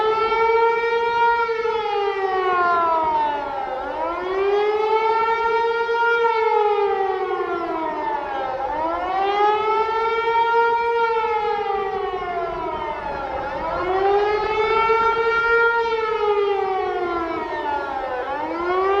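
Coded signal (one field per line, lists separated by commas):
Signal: siren signal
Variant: rising-falling wail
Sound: loud mechanical siren wailing up and down repeatedly, about four slow cycles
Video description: Signal: Rising and falling tone Duration: 1 min. Meaning: Acute danger from air attacks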